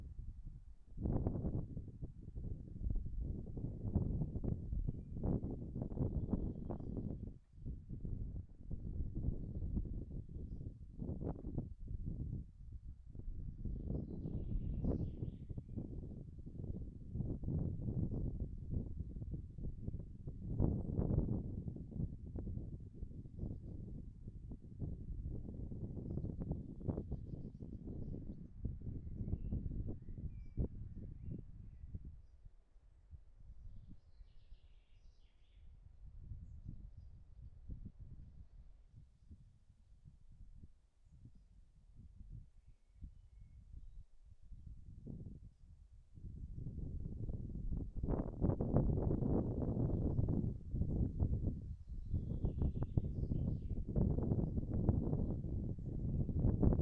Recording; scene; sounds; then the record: everyday scene through a hearing-aid microphone; wind on the microphone; wind, birds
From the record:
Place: in front of a rural house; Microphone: behind the ear, right, front